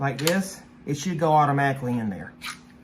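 Someone talks while handling the magazine of an AEA Terminator air rifle, letting it go toward its slot in the receiver, where a magnet should pull it into position. Only speech and faint handling sounds are heard. Nothing has seated or clicked yet.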